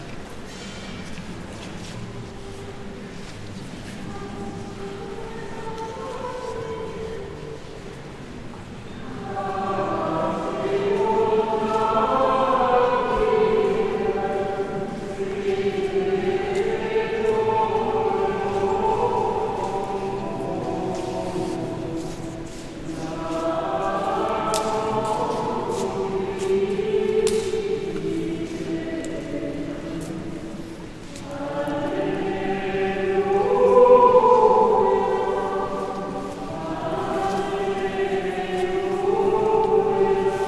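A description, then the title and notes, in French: Inside the Basilique Saint-Sernin de Toulouse, sustained pitched tones, like held organ chords or voices, swell in long waves, rising near ten, twenty and thirty-three seconds before easing back. A low, steady hum sits underneath, with scattered small clicks and knocks throughout. Basilique Saint-Sernin de Toulouse. Recorded by Dan Capture.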